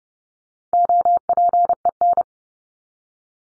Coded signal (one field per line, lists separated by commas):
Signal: Morse code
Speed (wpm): 30 wpm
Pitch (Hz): 700 Hz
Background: none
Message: OPEN